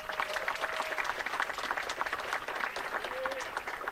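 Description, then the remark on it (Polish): Audience applause at a band's concert after the musicians and the visuals author are introduced, filling the whole stretch, a dense, steady wash of many hands clapping at an even loudness, with a couple of faint short whistles rising above it. “Wielkie brawa.”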